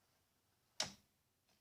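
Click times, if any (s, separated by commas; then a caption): 0.8 s. The paper punch head of a Fiskars AdvantEdge punch system is slid along its ruler track and clicks into the next detent position at 0.8 s with a sharp, bright click that fades over about a fifth of a second. A faint, softer tick follows near 1.5 s. The head is seated in position, so sliding stops there to punch.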